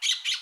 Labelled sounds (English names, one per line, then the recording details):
Brown-throated Parakeet contact call
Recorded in Aruba
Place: Cunucu Arikok, S side of Ceru Arikok
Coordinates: 12.502, -69.950